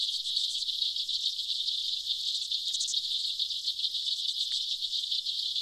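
Aquatic insects making a steady high-pitched buzzing chorus, finely pulsed and unbroken, with a few brief brighter bursts.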